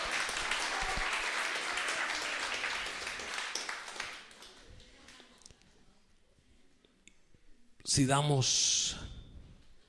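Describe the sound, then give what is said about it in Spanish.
A crowd claps for the speaker's daughter, who has passed a mathematics course, steadily for about four seconds, a dense crackle of many hands that gradually thins and fades, followed by quiet and then a brief burst of someone speaking. “Un aplauso para ella también.”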